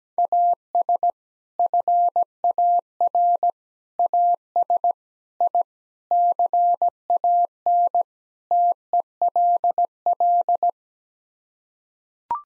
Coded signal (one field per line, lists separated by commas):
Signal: Morse code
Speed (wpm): 17 wpm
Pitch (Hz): 700 Hz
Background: none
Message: AS FAR AS I CAN TELL